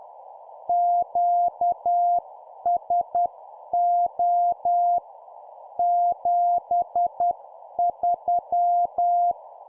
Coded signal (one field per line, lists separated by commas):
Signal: Morse code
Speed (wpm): 10 wpm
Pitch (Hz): 700 Hz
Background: none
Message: QSO 73